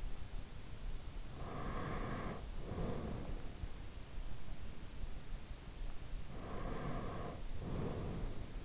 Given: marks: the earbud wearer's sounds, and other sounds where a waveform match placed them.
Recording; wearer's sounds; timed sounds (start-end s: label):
sounds in sleep by an in-ear microphone; breath
1.25-3.45 s: breath
6.28-8.65 s: breath